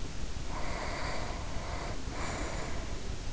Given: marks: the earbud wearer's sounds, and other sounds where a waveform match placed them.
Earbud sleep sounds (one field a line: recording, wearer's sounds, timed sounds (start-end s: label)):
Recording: sounds in sleep by an in-ear microphone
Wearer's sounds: breath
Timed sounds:
0.46-3.28 s: breath